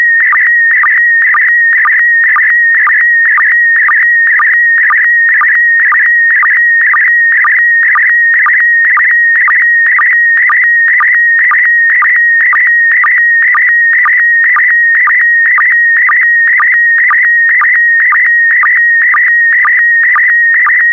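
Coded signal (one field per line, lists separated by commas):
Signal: SSTV (slow-scan television)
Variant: PD120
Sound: continuous warbling tone near 2 kHz with short low blips about twice a second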